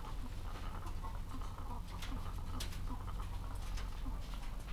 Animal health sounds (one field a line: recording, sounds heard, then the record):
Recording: poultry house recording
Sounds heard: sick chickens (respiratory disease)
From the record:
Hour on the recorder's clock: 14